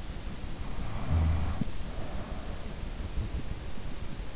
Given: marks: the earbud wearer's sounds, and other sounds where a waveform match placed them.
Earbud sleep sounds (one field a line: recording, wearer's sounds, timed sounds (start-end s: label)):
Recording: sounds in sleep by an in-ear microphone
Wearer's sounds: snoring breath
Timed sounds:
0.77-3.15 s: snoring breath